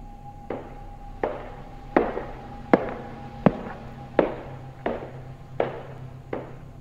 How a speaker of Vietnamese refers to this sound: Kèm theo đó là tiếng bước chân ở trên cầu thang gỗ mơ mơ hồ hồ vang lên, làm cho lão cũng giật mình. Lão vảnh tai lên lắng nghe. Căn nhà vốn dĩ đã rộng, lại nhiều gỗ, cho nên tiếng vọng bước chân rõ lắm, từng bước một.